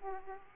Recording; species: mosquito wingbeat signal from an infrared sensor; Aedes aegypti